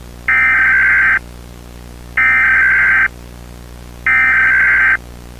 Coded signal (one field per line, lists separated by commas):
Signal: Emergency Alert System (SAME) tones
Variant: header bursts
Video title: War of the worlds (2005) eas alert found footage